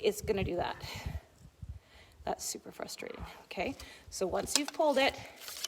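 An archer holds arrows in the bow hand and rolls an arrow's nock onto the bowstring while someone talks, with faint handling sounds between the words. Nothing has clicked onto the string yet.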